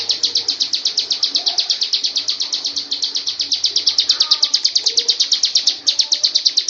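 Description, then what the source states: Lovebird singing a sustained ngekek chatter of rapidly repeated high, scratchy notes, with faint softer chirps beneath. Lovebird performing a long ngekek song.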